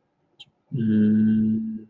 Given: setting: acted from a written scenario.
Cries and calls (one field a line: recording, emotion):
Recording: vocal sound without words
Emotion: confusion